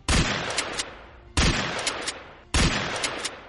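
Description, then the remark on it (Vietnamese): Three loud blasts from a Remington pump-action smoothbore shotgun fire at a steady pace about a second apart, each a sharp boom trailing into a ringing decay with faint mechanical clacks between shots, no voices present. “Mập Mạp hét lớn một tiếng, liên tục kéo động súng không nòng xoắn, khấu động cò súng bắn liên tiếp 5 phát.”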